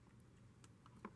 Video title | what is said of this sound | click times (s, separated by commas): B8 Audi Broken Transmission Electrical Connector FIXED | is press on this white tab here and you'll hear a click | 1.0 s